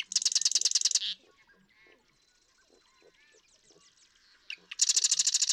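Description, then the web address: Marsh Wren giving a loud mechanical rattling trill, then soft chattering and gurgling notes, then another rattle begins near the end. "birdsongforthecurious Marsh Wren"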